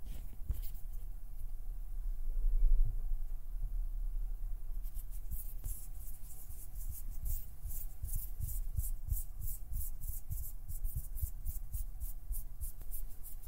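Finger fluttering and plucking against a low, steady rumble with a faint thin hum. The first few seconds hold only a couple of isolated taps; from about five seconds on, quick, fairly regular bright flicks repeat densely until the end.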